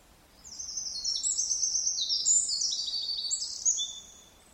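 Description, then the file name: Eurasian wren song, a continuous loud burst of quick, high, chattering trills and warbled notes lasting roughly four seconds. "Troglodytes troglodytes"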